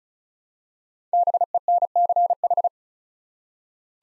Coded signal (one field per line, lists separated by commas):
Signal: Morse code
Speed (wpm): 36 wpm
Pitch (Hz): 700 Hz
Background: none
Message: BENCH